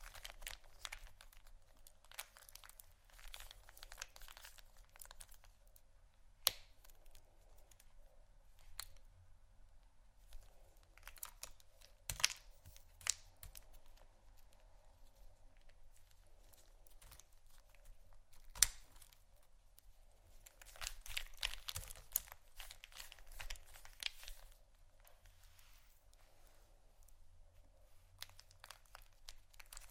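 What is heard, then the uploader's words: Soap and candle carving: intermittent dry scraping and crinkly cuts, sparse at first, with sharp clicks near 12 and 19 seconds and a busier stretch around 21–23 seconds. ASMR Soap & Candle Carving （No Talking）.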